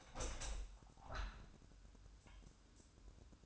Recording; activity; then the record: daily activity, microphone in the room; open window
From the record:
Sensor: 2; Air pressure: 1000.4 hPa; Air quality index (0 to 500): 139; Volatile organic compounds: 2 ppm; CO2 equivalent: 1162 ppm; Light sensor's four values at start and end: 11/29/11/13 and 11/30/11/13